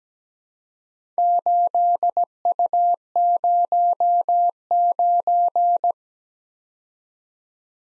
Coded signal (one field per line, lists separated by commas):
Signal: Morse code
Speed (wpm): 17 wpm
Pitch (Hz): 700 Hz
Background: none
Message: 8U09